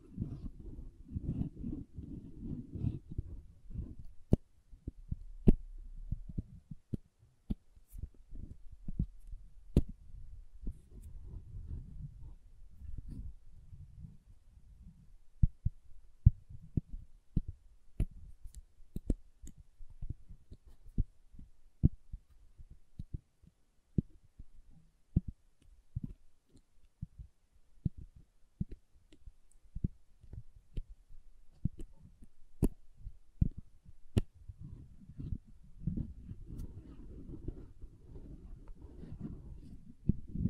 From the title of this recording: SoftHard Soap Tapping and Carving